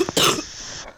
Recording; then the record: coughing mixed with background sound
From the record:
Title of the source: Wet coughing